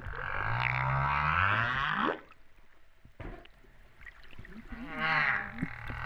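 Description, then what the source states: Humpback whale sounds: a loud, rough, harmonic wail over low rising tones for two seconds, a quieter gap, then a wobbling, bubbly call near the end. Recorded off Réunion on 13 September 2011 at 08:35:04.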